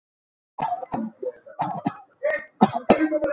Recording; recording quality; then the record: heavy voluntary cough; excellent, no background noise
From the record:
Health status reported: exposed to COVID-19, no respiratory illness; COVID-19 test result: negative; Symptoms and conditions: cough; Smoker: not ticked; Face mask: not worn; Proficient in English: yes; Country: India